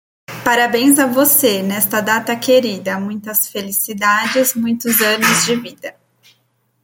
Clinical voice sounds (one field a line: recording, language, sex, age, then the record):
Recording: short text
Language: Brazilian Portuguese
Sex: female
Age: 30 to 39 years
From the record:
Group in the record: control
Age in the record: 36 years